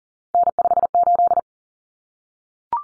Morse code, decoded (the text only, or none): N58